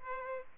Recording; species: mosquito wingbeat signal from an infrared sensor; Aedes albopictus